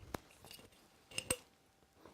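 A takedown pin is pushed into a rifle lower receiver, held close to the microphone, until its spring-loaded detent catches. After a sharp tick at 0.1 s and soft scraping around 0.5 s, two crisp metallic clicks come at 1.2 s and 1.3 s. The pin is seated and held by its detent.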